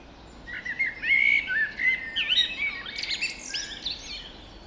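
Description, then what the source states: Several birds singing at once, bright whistled phrases and fast chirps in an unbroken tangle lasting nearly four seconds. Dawn chorus recorded just after dawn in the Forest of Dean.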